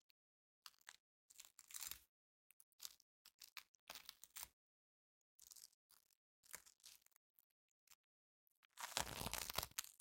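Sticky floam is squeezed and pulled in short crackling, crunchy bursts, each about half a second long, separated by complete silence at an irregular pace. The sounds are bright and gritty, like tiny beads popping. A longer, louder squish fills the final second.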